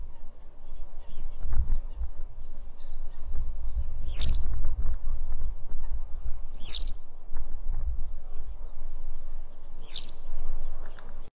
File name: Canto da alveola citrina